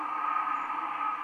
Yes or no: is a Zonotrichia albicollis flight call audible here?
no